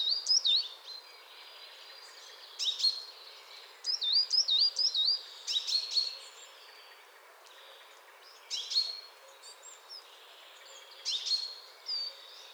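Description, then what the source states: Coal tit giving high, thin, undulating call notes in short clustered runs with gaps of a few seconds, against a soft continuous background hiss. Chattering calls.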